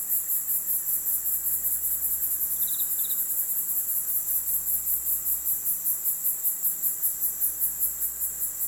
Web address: country ambience quiet night ambience crickets birds in bg residential